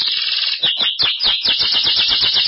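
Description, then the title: Belgian canary giving a steady stream of quick warbled notes and rolling trills, accompanied by a rough crackling undertone. "Canario Belga"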